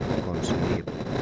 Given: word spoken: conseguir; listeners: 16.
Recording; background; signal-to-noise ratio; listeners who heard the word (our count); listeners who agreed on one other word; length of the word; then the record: one Spanish word in noise, from a listening test; noise modulated by three-talker babble; -5.1 dB; 2 of 16; 10 of 16; 0.82 s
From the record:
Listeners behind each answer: 10, 2, 1, 1, 1, 1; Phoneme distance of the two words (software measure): 20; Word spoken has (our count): 3 syllables, 8 phonemes, stress on syllable 3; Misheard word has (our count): 3 syllables, 8 phonemes, stress on syllable 3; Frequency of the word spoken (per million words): 90.92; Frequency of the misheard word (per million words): 11.01